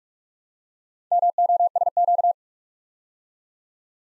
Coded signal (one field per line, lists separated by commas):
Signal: Morse code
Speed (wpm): 46 wpm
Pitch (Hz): 700 Hz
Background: none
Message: MOSQ